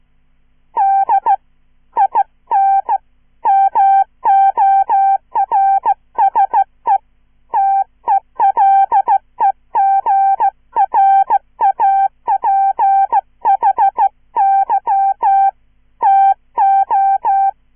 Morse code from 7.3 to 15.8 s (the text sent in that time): TELEGRAPHY